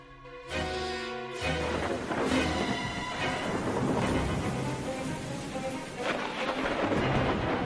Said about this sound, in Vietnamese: Thỉnh thoảng trên bầu trời, sấm sét cứ thế mà rạch lên từng tia, kèm theo tiếng nổ đinh tai, nhức óc.